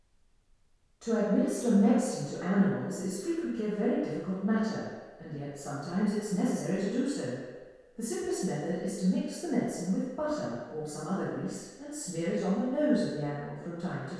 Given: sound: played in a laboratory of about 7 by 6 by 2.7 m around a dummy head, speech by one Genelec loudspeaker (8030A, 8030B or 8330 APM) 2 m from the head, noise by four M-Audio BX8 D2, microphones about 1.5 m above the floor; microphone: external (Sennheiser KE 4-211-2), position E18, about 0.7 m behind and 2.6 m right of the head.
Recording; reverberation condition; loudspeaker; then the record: female speech in English; high; 60 degrees to the right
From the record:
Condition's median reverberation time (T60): about 1300 ms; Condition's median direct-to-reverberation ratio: about -4.0 dB